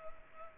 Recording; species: mosquito wingbeat signal from an infrared sensor; Culex pipiens